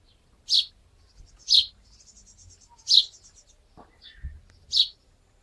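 Game bird calls: four sharp, high chirps at uneven intervals, with faint softer ticking notes between them and low rumble underneath.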